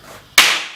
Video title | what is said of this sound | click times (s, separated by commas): Wooden Shipping Crates Easy Assembly Flat Pack Crate | and click into place. | 0.4 s